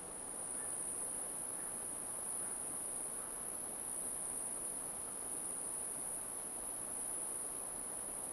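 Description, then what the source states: Cricket chorus as a steady, piercing high whine, unchanging for the whole stretch, with diffuse rushing noise underneath. Crickets in an alpine forest.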